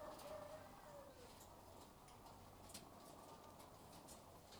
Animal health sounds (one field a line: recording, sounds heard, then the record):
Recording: poultry house recording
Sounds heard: sick chickens (respiratory disease)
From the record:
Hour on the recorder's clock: 13